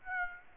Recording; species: mosquito wingbeat signal from an infrared sensor; Aedes aegypti